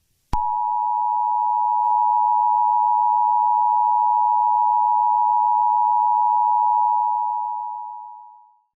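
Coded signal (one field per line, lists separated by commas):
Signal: Emergency Alert System (SAME) tones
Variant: 853 and 960 Hz attention tone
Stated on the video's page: Fictional emergency alert for a citywide fear gas attack, part of a Lego Batman brick film teaser.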